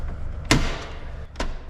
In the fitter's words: we start by snapping the first breaker in with that oh so satisfying click